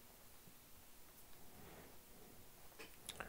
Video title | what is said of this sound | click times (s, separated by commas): How to Assemble NEUTRIK ETHERCON Connector Carrier | and then there's this little clicks in | 3.2 s